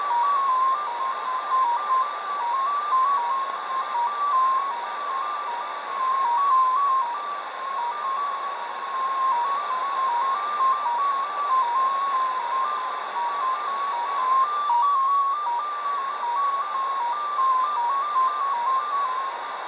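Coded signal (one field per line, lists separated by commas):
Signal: numbers station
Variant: XPA2 MFSK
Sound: a single tone hopping quickly between nearby pitches in a steady rhythm, under static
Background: radio static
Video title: Degen DE-1103 - XPA2 18/12/2022 1130 UTC 17451kHz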